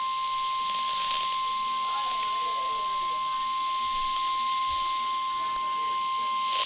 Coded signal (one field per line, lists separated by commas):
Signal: Emergency Alert System (SAME) tones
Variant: 1050 Hz attention tone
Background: speech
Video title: Severe Thunderstorm Warning [EAS 2] | NOAA Weather Radio (4/27/2011)